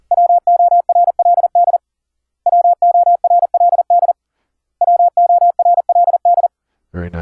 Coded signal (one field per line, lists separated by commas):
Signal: Morse code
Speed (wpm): 40 wpm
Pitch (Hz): 700 Hz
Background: speech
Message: WORLD WORLD WORLD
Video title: Morse Code QSO over the internet - software setup - config 16 - (all ASIO apps)